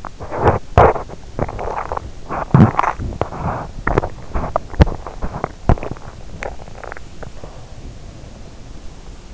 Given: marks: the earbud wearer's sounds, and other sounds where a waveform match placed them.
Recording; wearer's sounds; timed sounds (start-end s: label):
sounds in sleep by an in-ear microphone; teeth grinding
0.00-7.93 s: teeth grinding